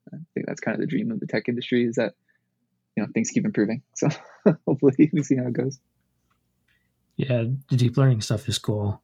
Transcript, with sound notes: I think that's kind of the dream of the tech industry is that things keep improving. So, (laugh) hopefully. We'll see how it goes.
Yeah, deep learning stuff is cool.